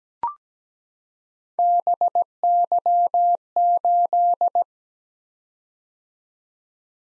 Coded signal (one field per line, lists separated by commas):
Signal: Morse code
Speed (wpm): 17 wpm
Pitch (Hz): 700 Hz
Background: none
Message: BY8